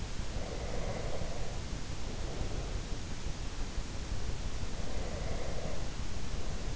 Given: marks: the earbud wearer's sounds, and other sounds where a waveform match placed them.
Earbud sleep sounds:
sounds in sleep by an in-ear microphone; breath
0.33-2.77 s: breath
4.87-6.75 s: breath

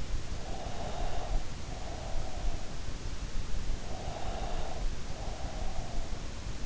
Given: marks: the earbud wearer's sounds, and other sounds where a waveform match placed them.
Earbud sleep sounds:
sounds in sleep by an in-ear microphone; breath
0.30-2.82 s: breath
3.75-6.01 s: breath

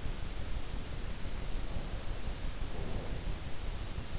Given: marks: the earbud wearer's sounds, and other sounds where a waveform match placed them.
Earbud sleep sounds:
sounds in sleep by an in-ear microphone; breath
2.26-3.86 s: breath

